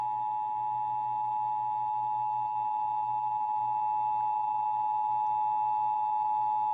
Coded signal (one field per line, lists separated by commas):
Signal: Emergency Alert System (SAME) tones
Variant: 853 and 960 Hz attention tone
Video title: (EAS #786-793) January 2025 Texas Required Monthly Test